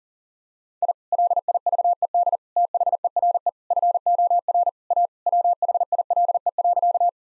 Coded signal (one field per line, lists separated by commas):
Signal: Morse code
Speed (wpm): 40 wpm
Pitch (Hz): 700 Hz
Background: none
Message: I LIVED THERE FOR A WHILE.